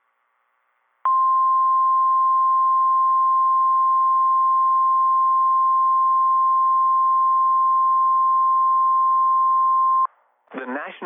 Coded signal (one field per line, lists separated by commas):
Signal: Emergency Alert System (SAME) tones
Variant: 1050 Hz attention tone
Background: speech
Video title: REDEFINED MADNESS IV - EAS Alerts from 4/27/26 (EAS #766 - #785)